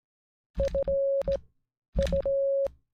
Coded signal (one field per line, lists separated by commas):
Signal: Morse code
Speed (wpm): 16 wpm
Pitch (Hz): 550 Hz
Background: none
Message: F U